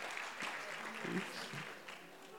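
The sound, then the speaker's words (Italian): An audience applauds steadily, a dense crackle of many hands clapping at an even level throughout, with a few faint voices briefly rising beneath the clapping. “No, anche l'applauso, dai, facciamo l'applauso.”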